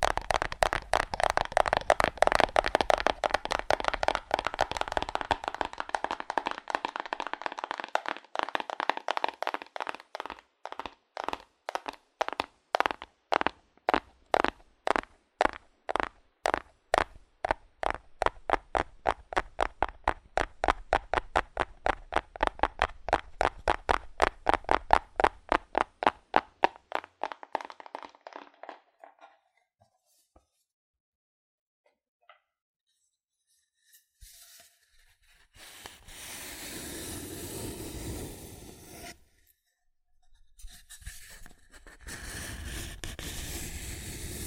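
Fast, hard tapping on cardboard rattles along in dense, regular clicks, starting as a blur and separating into distinct rapid hits that gradually thin out around 28 seconds. After a brief silence, rougher scraping and rustling bursts appear from about 35 seconds to the end.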